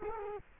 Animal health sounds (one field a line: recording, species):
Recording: mosquito wingbeat signal from an infrared sensor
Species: Culex quinquefasciatus